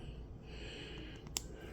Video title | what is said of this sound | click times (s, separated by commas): "35 in 1 Survival Kit 4 out of 10" Surviving With B.P. Survival Kit Blind Open Explored And Rated. | okay that's how you unlock it and then you probably can string it through your belt and then push it in to open it | 1.4 s